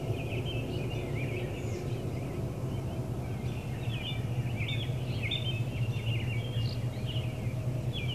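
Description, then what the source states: Birds chirping, a busy overlapping twitter of short high notes that grows more active midway, set against a constant low droning rumble. Birds chirping in an urban area.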